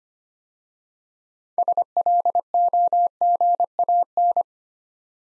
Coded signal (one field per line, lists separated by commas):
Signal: Morse code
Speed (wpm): 25 wpm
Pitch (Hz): 700 Hz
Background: none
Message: SLOGAN